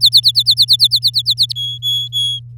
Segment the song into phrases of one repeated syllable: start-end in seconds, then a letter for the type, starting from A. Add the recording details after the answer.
0.01-1.52 A, 1.55-2.39 B. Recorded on 10 May 2018 at 14:14. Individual llb16